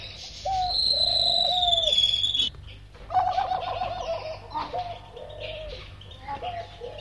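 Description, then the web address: Bird whistles, low and slurred with a wavering middle, alongside a high thin tone that slowly falls, then a busier stretch of mixed notes and short low whistles. "audio animali uccelli uccelli birds"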